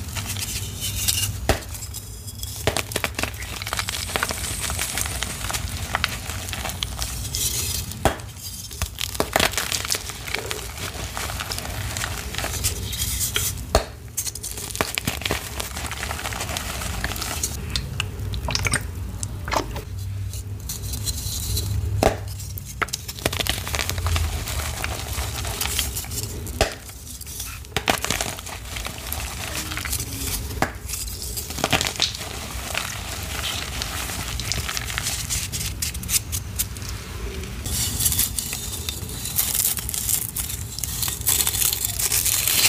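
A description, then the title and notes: Dyed chalk is crushed in water, with a steady run of gritty crumbling and crackling that fills most of the 43 seconds. Brief sharp, bright scrapes and clinks break through every few seconds, over a low rumble. Vibrant electric purple dyed chalk water crush.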